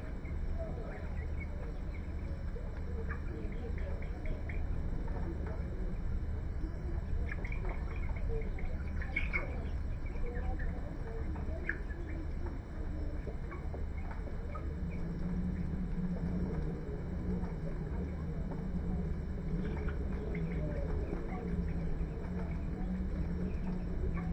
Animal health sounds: poultry house recording; healthy chickens

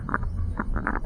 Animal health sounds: poultry house recording; sick chickens (respiratory disease)

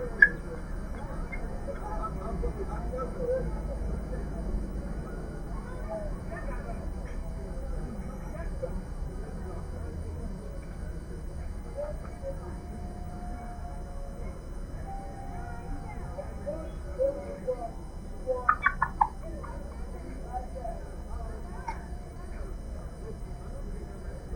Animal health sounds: poultry house recording; healthy chickens

